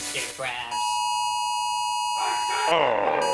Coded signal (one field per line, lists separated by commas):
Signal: Emergency Alert System (SAME) tones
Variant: 853 and 960 Hz attention tone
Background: speech, music